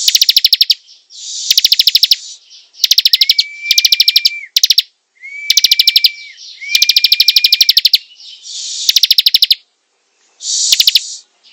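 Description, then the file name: Prinia pouring out vigorous buzzy rattling trills, a few with a long level whistle underneath, then a brief pause before more. Singing vigorously, a style called gacor. "prenjak gacor"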